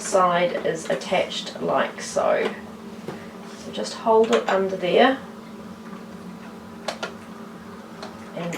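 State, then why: Seated. A metal snap-on zipper foot is held under a sewing machine's presser foot holder, and the holder is lowered onto it while someone talks. Two short, sharp clicks at 6.9 s and 7.0 s mark the foot snapping into place, seated in the holder.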